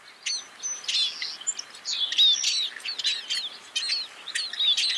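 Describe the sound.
Scaly-breasted munia twittering, a busy run of high, thin chirps and short slurred whistles with little pause.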